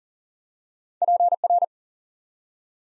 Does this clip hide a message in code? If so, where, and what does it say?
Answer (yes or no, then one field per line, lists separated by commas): yes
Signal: Morse code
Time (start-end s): 1.0-1.6 s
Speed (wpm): 40 wpm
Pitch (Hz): 700 Hz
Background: none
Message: PR